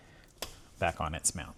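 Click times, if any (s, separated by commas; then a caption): 0.4 s. A small electrical connector's plastic clip is popped back onto its mounting bracket during a purge pump replacement on a 2020–2021 Buick Encore GX, and it clicks into place at 0.4 s. After the click, someone talks.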